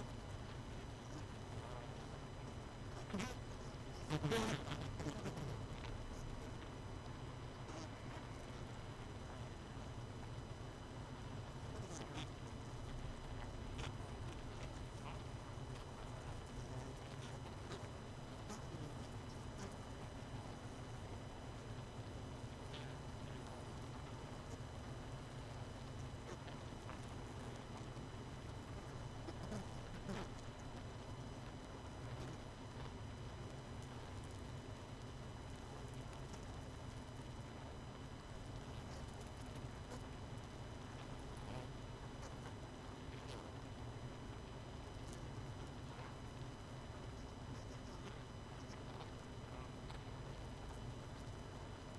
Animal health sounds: honeybee colony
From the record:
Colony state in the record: missing queen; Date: 31 May 2018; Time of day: 21:18

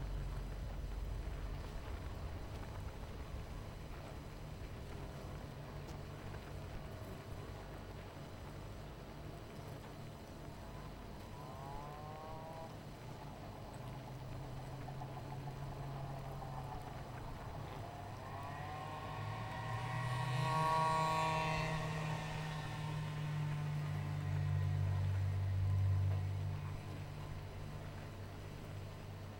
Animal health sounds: honeybee colony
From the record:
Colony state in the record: missing queen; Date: 14 July 2017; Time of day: 19:01

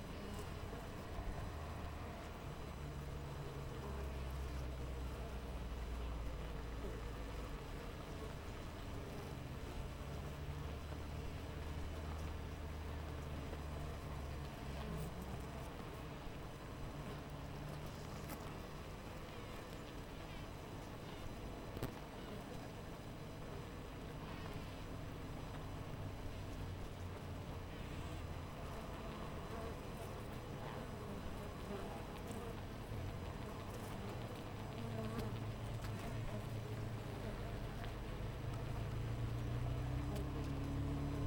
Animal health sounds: honeybee colony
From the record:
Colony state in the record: missing queen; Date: 14 July 2017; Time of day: 6:24

